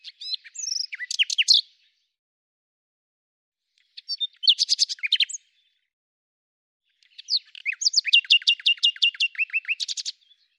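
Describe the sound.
Bird song in three phrases of rapid chirps and rattling trills, with silent gaps of about two seconds between them.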